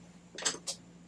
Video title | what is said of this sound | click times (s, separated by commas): GCV160 Honda Carburetor Clean and Tune-up Husqvarna HU700H | install it until you hear a positive click. | 0.4 s